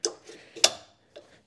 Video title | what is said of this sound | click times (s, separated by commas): Installing the Diode Dynamics HitchMount LED Pod - Jeep Wrangler JL | clicks into place just like that and the install is complete | 0.1 s, 0.6 s